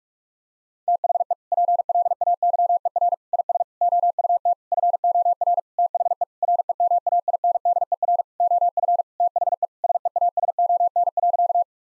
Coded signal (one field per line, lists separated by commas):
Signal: Morse code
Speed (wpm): 46 wpm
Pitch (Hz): 700 Hz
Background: none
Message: THE PLAYER IS OUT FOR THE REMAINDER OF THE SEASON.